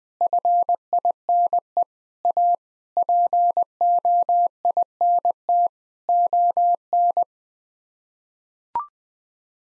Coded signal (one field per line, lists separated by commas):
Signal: Morse code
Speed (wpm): 20 wpm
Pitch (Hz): 700 Hz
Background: none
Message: FINE A POINT ON